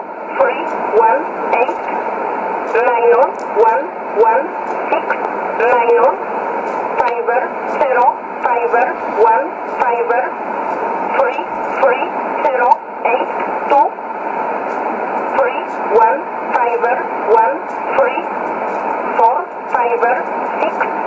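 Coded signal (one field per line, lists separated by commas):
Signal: numbers station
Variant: E11 Oblique, English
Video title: 15 03 2017 Numbers station E11 Oblique in English to Eu 0813 on 11450 in USB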